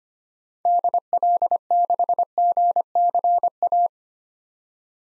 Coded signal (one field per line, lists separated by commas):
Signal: Morse code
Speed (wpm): 25 wpm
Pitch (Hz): 700 Hz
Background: none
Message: DL6GCA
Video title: 2023 SOTA Activator Call Signs - 25wpm